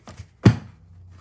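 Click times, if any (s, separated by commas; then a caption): 0.5 s. The folding platform of a Stampin' Up Cut & Emboss die-cutting and embossing machine is opened and swings down. After a couple of soft handling sounds, it releases with a single sharp thunk-like click at 0.5 s, followed by a brief fading rumble.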